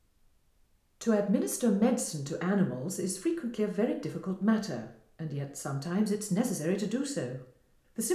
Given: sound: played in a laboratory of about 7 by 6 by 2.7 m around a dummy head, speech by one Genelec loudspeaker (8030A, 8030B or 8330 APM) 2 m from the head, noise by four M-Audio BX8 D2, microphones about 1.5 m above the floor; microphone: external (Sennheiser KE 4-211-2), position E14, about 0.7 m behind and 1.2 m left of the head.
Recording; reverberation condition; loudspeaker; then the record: female speech in English; medium; 90 degrees to the left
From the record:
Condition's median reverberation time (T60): about 510 ms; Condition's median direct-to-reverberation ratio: about -0.5 dB